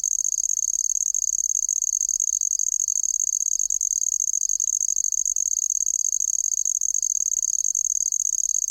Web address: The Songs of Insects. Handsome Trig